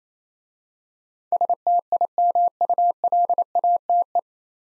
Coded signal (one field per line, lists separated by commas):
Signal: Morse code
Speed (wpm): 28 wpm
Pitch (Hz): 700 Hz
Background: none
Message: STIMULATE